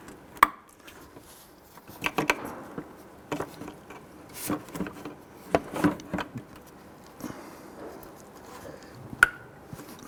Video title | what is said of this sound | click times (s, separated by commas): How to Replace Windshield Washer Reservoir 2007-2014 Cadillac Escalade | You can hear them click into place. | 0.4 s, 9.2 s